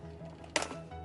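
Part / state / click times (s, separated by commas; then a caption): shifter boot trim frame in car center console / released / 0.6 s. On a BMW Z4, the leather shifter boot surround is pulled up with a small tug until the trim frame's four plastic corner retaining tabs let go of the center console. A sharp click sounds at 0.6 s over a quiet, steady hum. The trim frame releases and pops out of the console.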